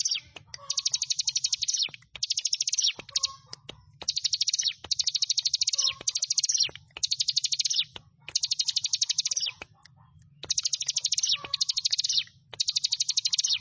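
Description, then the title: Prinia delivering a long run of rapid, high trilled phrases roughly every second, with soft lower chirps between some phrases. "Ciblek Sawah"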